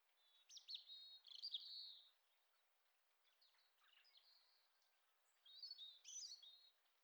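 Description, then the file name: European robin song in separate phrases: a shimmering, warbled opening, softer squeaky notes in the middle, and a bright, trilling phrase after a short pause. "Erithacus rubecula"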